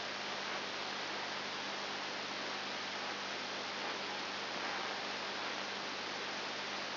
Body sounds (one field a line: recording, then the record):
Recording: brain microelectrode recording played as sound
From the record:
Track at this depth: outside the subthalamic nucleus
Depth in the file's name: 6.9 mm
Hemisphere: left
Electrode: 2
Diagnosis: Parkinson's disease